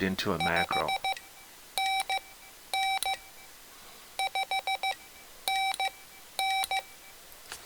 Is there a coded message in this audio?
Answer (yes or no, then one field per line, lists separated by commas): yes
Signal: Morse code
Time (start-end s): 0.4-6.8 s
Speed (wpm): 15 wpm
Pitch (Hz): 2300 Hz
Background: speech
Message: 5NN 5NN